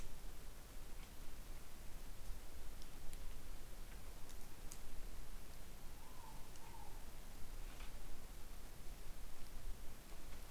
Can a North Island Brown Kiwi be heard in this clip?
no